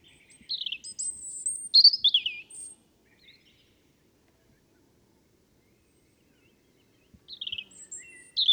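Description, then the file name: European robin song: a high, thin warbling phrase with sliding whistles, a long silence, then another short twittering phrase near the end. "Erithacus rubecula"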